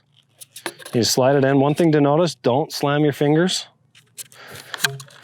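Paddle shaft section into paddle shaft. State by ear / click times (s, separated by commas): seated / 4.9 s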